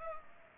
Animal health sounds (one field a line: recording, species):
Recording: mosquito wingbeat signal from an infrared sensor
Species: Culex pipiens